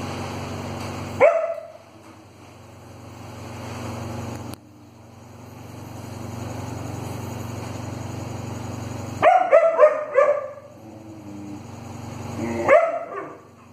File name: German Shepherd